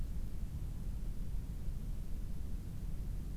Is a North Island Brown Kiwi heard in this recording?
no